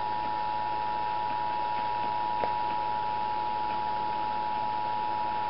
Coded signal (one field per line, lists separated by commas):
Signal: Emergency Alert System (SAME) tones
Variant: 853 and 960 Hz attention tone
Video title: 1st Ever Federal Test of the Emergency Alert System .wmv